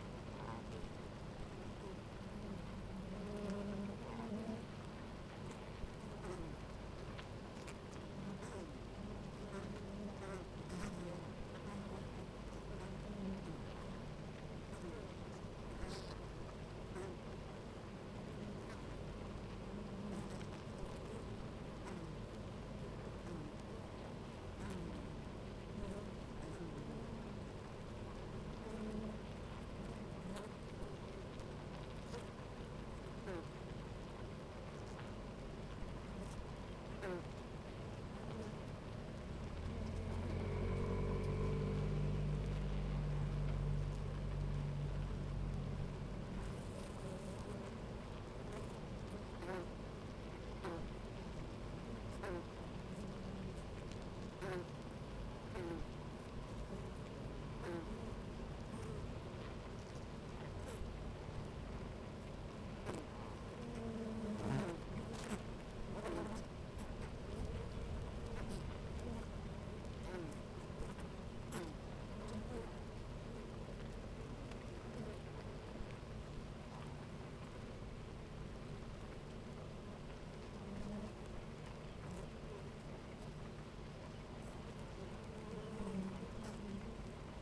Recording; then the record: honeybee colony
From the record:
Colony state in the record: active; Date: 28 July 2017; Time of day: 10:25